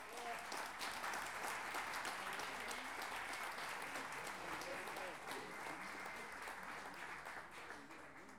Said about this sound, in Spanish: Entonces, vamos a empezar. La primera pareja de esta tarde la recibimos con un aplauso: